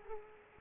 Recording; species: mosquito wingbeat signal from an infrared sensor; Culex quinquefasciatus